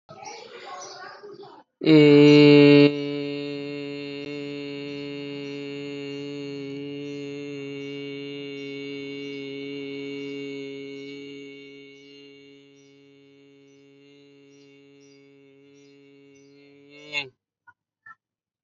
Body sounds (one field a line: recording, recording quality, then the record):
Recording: sustained vowel as in made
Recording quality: excellent, no background noise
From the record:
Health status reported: healthy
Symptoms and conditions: none ticked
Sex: male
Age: 28 years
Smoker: not ticked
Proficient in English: yes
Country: India